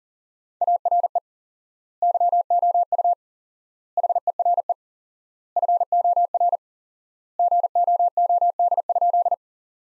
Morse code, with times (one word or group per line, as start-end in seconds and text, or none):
0.6-1.2 ARE
2.0-3.1 YOU
4.0-4.7 HERE
5.6-6.6 FOR
7.4-9.3 GOOD?